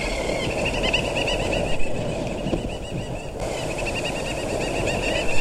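A bird calling in fast repeated short notes, a steady chattering series that drops out briefly midway and resumes, over low rumbling background noise.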